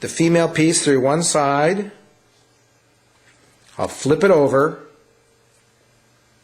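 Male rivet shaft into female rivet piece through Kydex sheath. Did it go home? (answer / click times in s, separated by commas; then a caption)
no / none. Someone talks while a Kydex sheath is flipped over and a male rivet shaft is lined up with the hole, ready to be pushed into the female rivet piece fitted through the sheath. The speech comes in two bursts over a quiet background, and nothing has seated or clicked yet.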